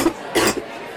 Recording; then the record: coughing mixed with background sound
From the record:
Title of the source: 61 morning phlegmy cough...again